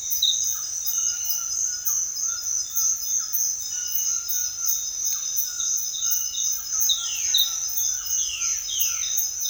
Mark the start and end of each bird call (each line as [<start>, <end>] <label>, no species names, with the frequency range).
[6.84, 7.44] bird call (1.5-5.0 kHz)
[8.00, 9.13] bird call (1.5-5.2 kHz)